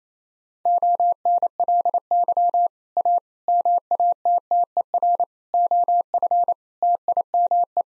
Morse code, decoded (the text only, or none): ONLY A MATTER OF TIME